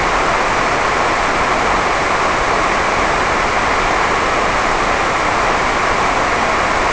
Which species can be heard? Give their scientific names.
none